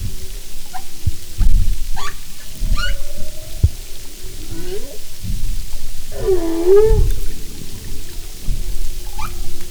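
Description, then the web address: Humpback whale calls: short upsweeping chirps and a wavering tone, then a louder swooping groan around six seconds, with steady low crackle and thumps underwater. "Sound and Marine Mammals humpback"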